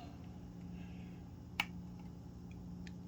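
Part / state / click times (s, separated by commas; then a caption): retaining tab of an internal part in a septic aerator housing slot / seated / 1.6 s. While a septic aerator is being rebuilt, a loose retaining tab on an internal part is pushed home into its slot in the housing. A single sharp click sounds at 1.6 s over a steady low hum, followed by a couple of faint ticks. The tab is seated and no longer moves.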